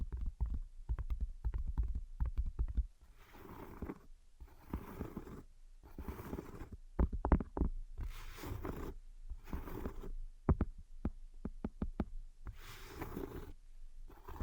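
Invisible tapping and scratching: quick clusters of sharp taps for the first three seconds, then bursts of rough, hissy scratching alternating with short silences. Dense tapping returns around seven and ten seconds, with scratching continuing in irregular patches to the end.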